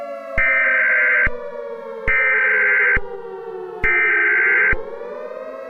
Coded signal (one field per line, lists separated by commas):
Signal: Emergency Alert System (SAME) tones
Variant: header bursts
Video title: Mycelia | A Zombie Apocalypse EAS Scenario |